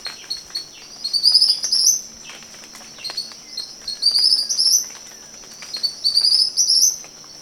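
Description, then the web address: Tropical kingbird giving high, sputtering twittered phrases that rise at the end, three bursts a couple of seconds apart, over a steady high-pitched drone. Recorded 20 September 2011. "chants 20110920 TYRMEL"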